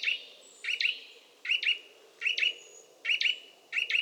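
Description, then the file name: Eurasian nuthatch calls, loud doubled chirps about every three-quarters of a second over a low steady hum. "Sitta europaea"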